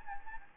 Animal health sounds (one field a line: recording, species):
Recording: mosquito wingbeat signal from an infrared sensor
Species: Anopheles gambiae